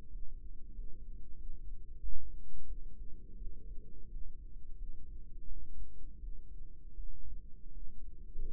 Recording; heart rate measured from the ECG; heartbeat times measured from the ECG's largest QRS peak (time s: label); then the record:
heart sounds by microphone in the right ear; 86 bpm
0.07 s: heartbeat
0.71 s: heartbeat
1.34 s: heartbeat
1.98 s: heartbeat
2.64 s: heartbeat
3.35 s: heartbeat
4.07 s: heartbeat
4.75 s: heartbeat
5.44 s: heartbeat
6.17 s: heartbeat
6.93 s: heartbeat
7.70 s: heartbeat
8.48 s: heartbeat
From the record:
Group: healthy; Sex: male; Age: 21 years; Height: 180 cm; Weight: 67.5 kg